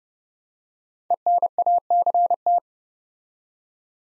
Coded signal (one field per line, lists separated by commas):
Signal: Morse code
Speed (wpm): 30 wpm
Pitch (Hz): 700 Hz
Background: none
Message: ENACT